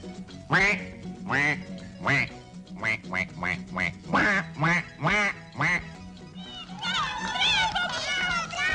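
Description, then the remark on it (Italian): A performer imitates a duck as his most successful act, letting out a rapid series of loud, nasal quacks in an uneven rhythm, ending in a burst of higher, warbling squawks over a steady low hum. “che eseguirà il suo numero di maggior successo, la papera.”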